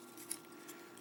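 The plastic leg on the double hinge joint of a Fansproject LER-03 Volar and Velos transforming robot toy is brought down and then up on its second side. A sharp, short click at 0.3 s marks the hinge snapping into place, followed by a faint low hum. The leg hinge is seated.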